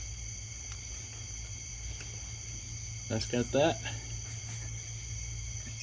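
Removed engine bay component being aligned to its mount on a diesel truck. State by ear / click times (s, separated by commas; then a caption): not seated / none. A removed engine-bay component is lined back up by hand against its mount on a diesel 2018 Dodge Tradesman with a 6.7 Cummins during serpentine belt work, before being pushed into place. Over a steady high-pitched, insect-like drone and low hum, someone talks briefly around 3.1–3.8 s. Nothing has seated or clicked yet.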